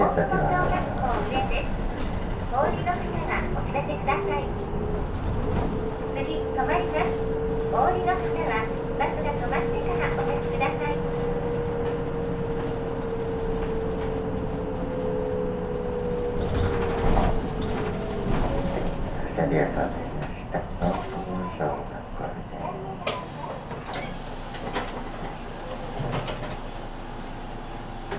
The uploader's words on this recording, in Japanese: 西肥バス 弓張岳展望台→佐世保駅。続々と佐世保市内に向かう人が乗ってきます。